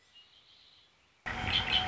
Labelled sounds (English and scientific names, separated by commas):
Red-winged Blackbird (Agelaius phoeniceus)